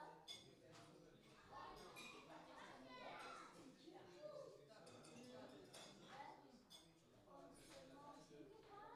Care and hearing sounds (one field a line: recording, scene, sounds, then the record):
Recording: everyday scene through a hearing-aid microphone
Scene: many people talking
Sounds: many voices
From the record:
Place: parish hall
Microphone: in the ear canal, left